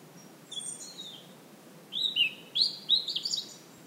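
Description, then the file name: European robin song: a thin, high whistled phrase, then after a short pause a longer run of bright, tumbling notes rising and falling in pitch. "Erithacus rubecula"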